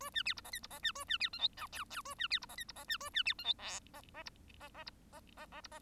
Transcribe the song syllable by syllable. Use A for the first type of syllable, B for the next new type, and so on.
A B C D E F D E B A B C G H I J J A B C D E F D E B A B C G H K E E D E E D E E E D E